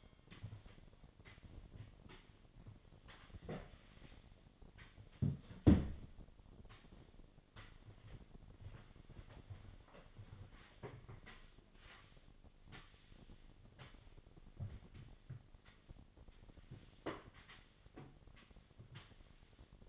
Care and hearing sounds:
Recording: daily activity, microphone in the room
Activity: sweep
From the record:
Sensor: 4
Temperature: 28.5 degrees Celsius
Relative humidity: 34.1%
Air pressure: 1007.8 hPa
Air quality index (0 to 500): 192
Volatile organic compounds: 6 ppm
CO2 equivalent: 1922 ppm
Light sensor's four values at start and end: 23/71/27/26 and 22/70/27/26

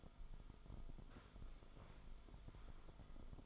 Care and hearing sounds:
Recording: daily activity, microphone in the room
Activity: sit down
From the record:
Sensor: 5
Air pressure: 1005.1 hPa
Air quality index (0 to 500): 105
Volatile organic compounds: 2 ppm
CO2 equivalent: 1291 ppm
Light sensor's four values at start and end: 35/80/32/30 and 35/80/32/30

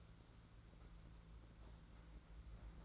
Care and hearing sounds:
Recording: daily activity, microphone in the room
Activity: take from stove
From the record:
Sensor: 3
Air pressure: 991.9 hPa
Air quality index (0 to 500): 226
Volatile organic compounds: 1000 ppm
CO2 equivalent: 7775 ppm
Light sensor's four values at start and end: 27/79/32/27 and 27/79/32/27

